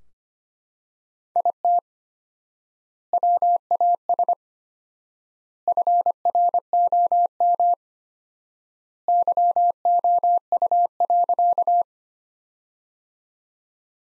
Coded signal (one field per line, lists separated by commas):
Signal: Morse code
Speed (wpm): 25 wpm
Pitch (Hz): 700 Hz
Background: none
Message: IT WAS FROM YOU.